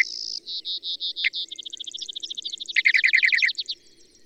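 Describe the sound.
Bird song: a run of evenly spaced, slightly buzzy notes that speeds into a quick, layered trill of chirps before stopping.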